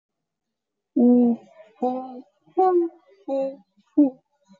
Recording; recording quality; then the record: sustained vowel as in beet; poor, much background noise or distortion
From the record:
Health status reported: exposed to COVID-19, no respiratory illness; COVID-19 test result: negative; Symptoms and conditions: cold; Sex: female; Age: 39 years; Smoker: no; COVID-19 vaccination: both doses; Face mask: worn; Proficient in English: yes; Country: India